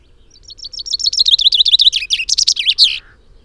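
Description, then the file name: Common chaffinch song: a rapid run of bright notes, ending in a short flourish, over a quiet background. "Fringilla coelebs"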